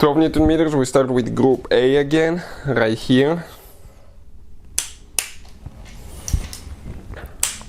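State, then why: Torque reached. Someone talks while a small torque wrench set to 12 N·m tightens the group A camshaft cap bolts in the cylinder head of a Hyundai Sonata, stopping at the click to avoid over-torquing. Sharp clicks at 4.8 s, 5.2 s and 7.4 s confirm the wrench reaching its setting, with quieter ticks in between.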